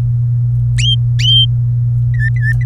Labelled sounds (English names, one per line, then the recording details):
Domestic Canary song
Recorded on 24 April 2018 at 17:08
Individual llb3